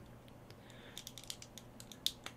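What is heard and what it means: After being softened in hot water, an S.H. Figuarts Vegeta plastic action figure head is pressed onto a replacement 3D-printed neck ball joint. Faint scraping and small ticks lead up to a sharp, bright click at 2.1 s as the head pops into place, followed by a few lighter ticks. The head is seated on the new neck joint.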